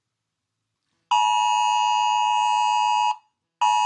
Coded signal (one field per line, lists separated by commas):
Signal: Emergency Alert System (SAME) tones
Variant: 853 and 960 Hz attention tone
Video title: EAS alert regarding the boyfriend of @AxylSage0524 ￼